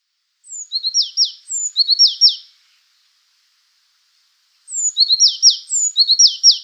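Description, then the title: Azure tit giving high, tinny chirp series, a fine descending whistle then paired down-slurred notes, heard in two bursts with near silence between them. "suara burung azure tit"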